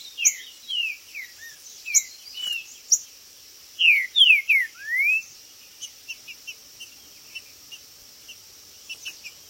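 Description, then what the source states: Green-winged saltator song: busy falling whistles and chirps, then a loud phrase of three down-slurred notes and a rising whistle, followed by soft short chirps. Singing, chirping and territorial male calling (macheando) in a singing contest (disputa).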